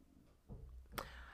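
A faint, low gurgling rumble from an adult's stomach begins about halfway through and lasts under a second, ending with a short click, in a quiet room. This is stomach growling (borborygmi), the ordinary sound of gas and fluid moving through the gut.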